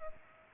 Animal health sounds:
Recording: mosquito wingbeat signal from an infrared sensor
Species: Culex pipiens

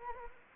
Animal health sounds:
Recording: mosquito wingbeat signal from an infrared sensor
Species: Anopheles gambiae

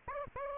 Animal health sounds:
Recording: mosquito wingbeat signal from an infrared sensor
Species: Aedes aegypti

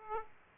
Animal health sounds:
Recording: mosquito wingbeat signal from an infrared sensor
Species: Aedes aegypti

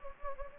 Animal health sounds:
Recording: mosquito wingbeat signal from an infrared sensor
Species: Anopheles gambiae

